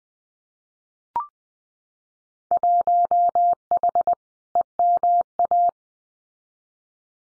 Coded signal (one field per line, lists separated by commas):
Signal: Morse code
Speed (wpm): 20 wpm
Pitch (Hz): 700 Hz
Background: none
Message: 1H EMA